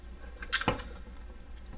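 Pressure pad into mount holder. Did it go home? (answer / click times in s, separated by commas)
yes / 0.4 s, 0.7 s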